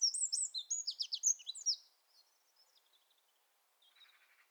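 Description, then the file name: Eurasian wren song: two seconds of shrill, rapid trills and twitters fading into faint high notes, then a soft buzzy rattle. "Troglodytes troglodytes"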